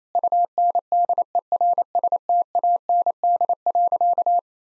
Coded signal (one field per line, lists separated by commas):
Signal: Morse code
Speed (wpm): 27 wpm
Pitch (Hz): 700 Hz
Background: none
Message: UNDERSTAND.